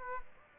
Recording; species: mosquito wingbeat signal from an infrared sensor; Aedes aegypti